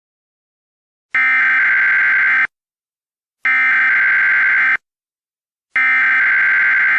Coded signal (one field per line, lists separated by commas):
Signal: Emergency Alert System (SAME) tones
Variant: header bursts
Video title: EAS Scenario: Integrated